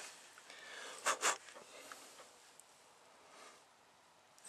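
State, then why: Not seated. A plastic male MC4 connector is slipped into position and lined up with a female MC4 connector before being pushed home, with soft handling and rustling sounds, including two louder broadband scrapes around 1.1 and 1.3 seconds. No click is heard and nothing has seated yet.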